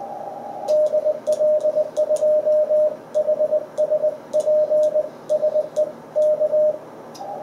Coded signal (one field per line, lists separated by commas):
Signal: Morse code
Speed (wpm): 21 wpm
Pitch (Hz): 610 Hz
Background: radio noise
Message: DL2HS PSE K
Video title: CW QSO with UY7LA 16 01 2022